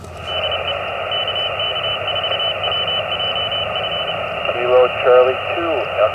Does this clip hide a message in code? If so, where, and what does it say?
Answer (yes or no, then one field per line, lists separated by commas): yes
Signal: Morse code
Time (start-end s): 0.3-4.1 s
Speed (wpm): 30 wpm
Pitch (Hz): 3000 Hz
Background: speech, radio noise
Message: DE KK4WJF